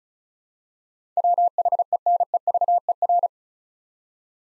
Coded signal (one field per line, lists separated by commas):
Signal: Morse code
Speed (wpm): 34 wpm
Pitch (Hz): 700 Hz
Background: none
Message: WHENEVER